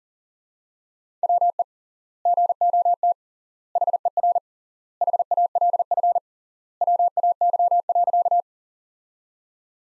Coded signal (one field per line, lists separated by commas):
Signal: Morse code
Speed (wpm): 40 wpm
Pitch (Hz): 700 Hz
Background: none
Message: WE GOT HER HALF WAY.